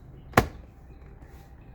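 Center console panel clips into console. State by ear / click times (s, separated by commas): seated / 0.4 s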